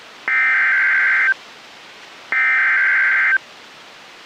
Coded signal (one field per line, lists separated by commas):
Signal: Emergency Alert System (SAME) tones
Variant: header bursts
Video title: Severe Thunderstorm Warning (EAS #20)